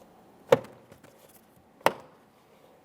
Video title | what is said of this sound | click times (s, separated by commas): How to Replace Power Window Switches 2014-2019 Toyota Corolla | Audible click all the way around, confirming it's properly secured. | 0.5 s, 1.9 s